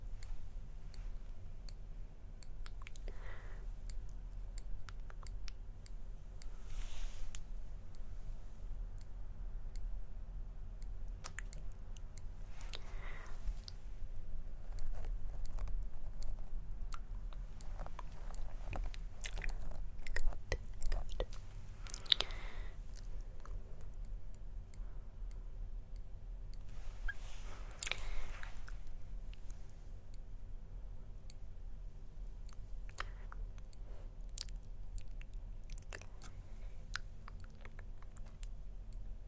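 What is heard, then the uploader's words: Personal attention triggers of plucking, face touching and tracing, made up of soft clicks, brushes and crisp taps scattered irregularly across the clip. Brighter bursts cluster around 7, 13, 20–22 and 27–28 seconds. A steady low hum runs underneath throughout. ASMR 10 Personal Attention Triggers Plucking, Face Touching, Tracing.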